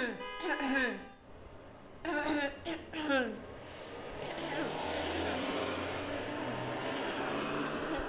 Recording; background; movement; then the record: throat clearing; traffic; sitting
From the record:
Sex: female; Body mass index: 18.3 kg/m2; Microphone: on the chest, facing outward